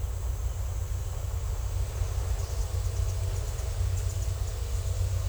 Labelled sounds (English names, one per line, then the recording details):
none
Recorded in secondary vegetation near Puerto Asís, Putumayo, Colombia, on 21 December 2024 at 09:00
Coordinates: 0.468, -76.324
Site G095